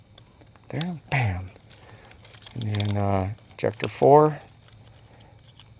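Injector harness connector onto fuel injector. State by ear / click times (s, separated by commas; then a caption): not seated / none. A plastic wiring harness connector is handled at the injector four terminal of an LS engine, with faint small ticks and rustles of handling while someone talks. Nothing has seated or clicked yet; the clip ends just before the connector goes home.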